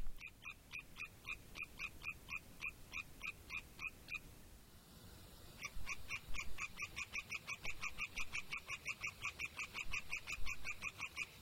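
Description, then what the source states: European tree frog calls: a rapid series of sharp, rattling pulses, a pause near four seconds, then a longer run of pulses resuming. Calls start at dusk and continue through the night; large throat resonators amplify the voice, audible from several kilometres; a high, drawn-out trill, loudest native amphibian.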